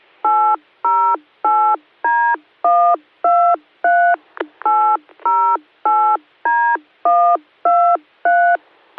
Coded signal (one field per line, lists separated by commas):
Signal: DTMF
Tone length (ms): 320 ms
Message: 808D123808D123